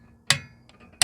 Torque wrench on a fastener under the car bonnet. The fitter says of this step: when you hear that click